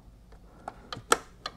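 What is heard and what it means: The pin of a repaired Mercedes seat belt mechanism is clipped into its mount in the car body, then twisted until it locks. A few small clicks and taps lead up to a sharp, loud click at 1.1 s, followed by one more lighter click. The pin is seated and locked into place.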